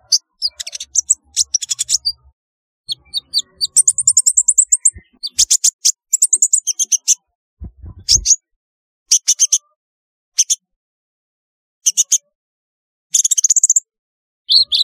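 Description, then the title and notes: Sunbird chirping: rapid, ticking bursts of high squeaky notes and short trills, repeated in clusters, with one brief low thud. "Kicau Burung Kolibri"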